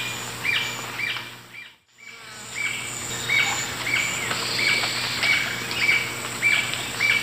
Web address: Natures Songs S America Eastern Lowlands Galbula dea, start and end of song